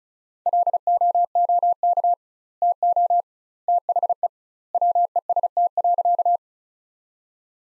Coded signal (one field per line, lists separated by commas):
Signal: Morse code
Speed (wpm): 34 wpm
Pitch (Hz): 700 Hz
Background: none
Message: LOOK TO THE WEST.